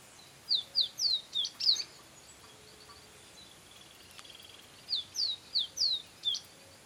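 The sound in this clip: A copper seedeater gives two clusters of about five bright, high notes each, with a quiet gap of roughly three seconds between them.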